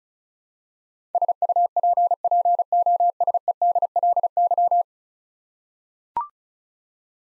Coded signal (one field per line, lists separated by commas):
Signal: Morse code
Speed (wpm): 36 wpm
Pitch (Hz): 700 Hz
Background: none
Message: SUPPOSEDLY